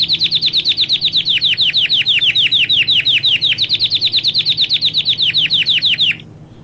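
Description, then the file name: Belgian canary singing a fast run of sharply falling, whistled notes, evenly repeated for about six seconds before stopping abruptly. Smooth-headed (plain-headed) Belgian canary, Australian line, singing. "canto do canario belga cabeca lisa australiana"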